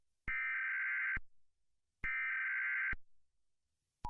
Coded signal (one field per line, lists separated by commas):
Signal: Emergency Alert System (SAME) tones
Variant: header bursts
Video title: WW3 EAS Part 1: The Beginning of the End